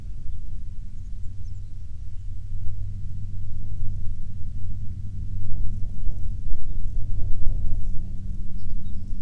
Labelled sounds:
songbird, wind, aircraft
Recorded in the Prudhoe Bay oil fields, Alaska, on 21 June 2019 at 09:42
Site 22

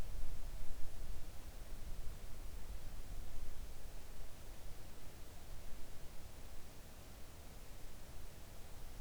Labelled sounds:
near silence
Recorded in the Arctic National Wildlife Refuge, Alaska, on 3 August 2019 at 05:39
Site 41

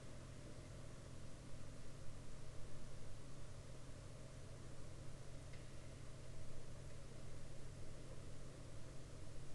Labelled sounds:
water, aircraft
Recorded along the Dempster Highway, Canada, on 5 April 2019 at 02:07
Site 13

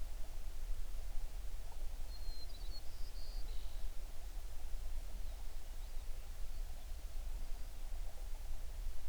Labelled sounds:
songbird
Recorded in the Prudhoe Bay oil fields, Alaska, on 11 June 2019 at 05:37
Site 21

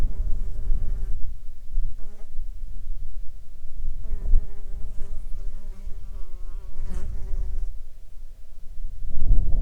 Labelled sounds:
wind, insects
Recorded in the Arctic National Wildlife Refuge, Alaska, on 13 July 2019 at 21:10
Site 42

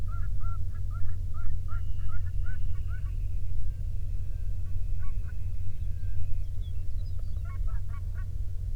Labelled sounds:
songbird, waterfowl, man-made sound
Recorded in the Prudhoe Bay oil fields, Alaska, on 13 June 2019 at 00:09
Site 24

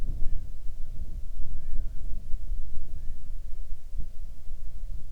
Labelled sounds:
bird, wind
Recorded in the Arctic National Wildlife Refuge, Alaska, on 6 July 2019 at 00:12
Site 39

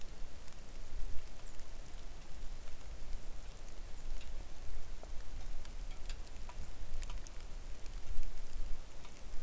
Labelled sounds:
songbird, rain
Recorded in the Arctic National Wildlife Refuge, Alaska, on 3 August 2019 at 09:40
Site 41

